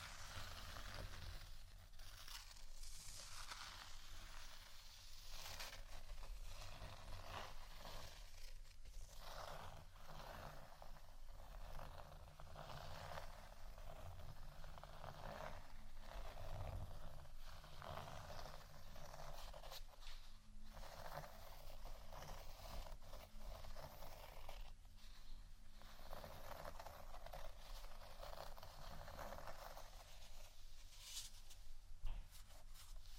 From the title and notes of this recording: ASMR Scratching Only（No Talking）.